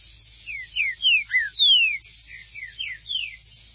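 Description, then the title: Green-winged saltator song: a steady series of bright, loud whistled notes, each sliding downward, with one long drawn-out slur in the middle. "Trinca Ferro"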